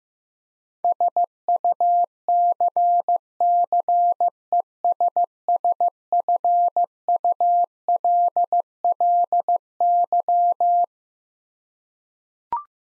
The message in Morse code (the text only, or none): SUCCESSFULLY